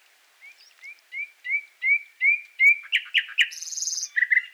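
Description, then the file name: Common nightingale song: a slow crescendo of repeated whistled notes, then harsh rapid notes and a high buzzy trill, ending with lower chirps. "Luscinia megarhynchos"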